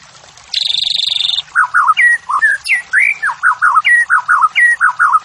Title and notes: Pancingan Murai Batu Pagi Hari. Murai Batu Gacor